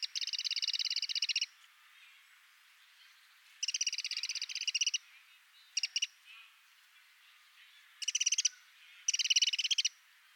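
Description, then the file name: Eurasian wren churring: two long, rapid ticking rattles of over a second each, then several shorter clipped bursts. "Troglodytes troglodytes"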